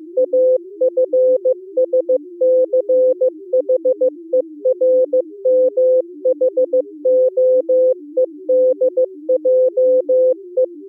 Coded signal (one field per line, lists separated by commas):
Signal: Morse code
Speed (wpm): 26 wpm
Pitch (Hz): 510 Hz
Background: music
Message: AFSCHERMHOEDJE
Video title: Daily Minutes, December 14, 2015, with contestia.